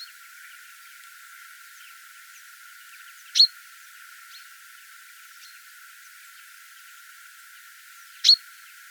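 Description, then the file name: Common chaffinch calling twice, each a short, piercing high note, about five seconds apart, with soft chirps between. "Fringilla coelebs"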